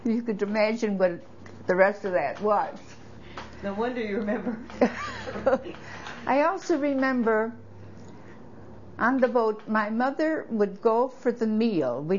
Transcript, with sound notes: You can imagine what the rest of that was.
No wonder you remember. ( they laugh )
I also remember on the boat my mother would go for the meal.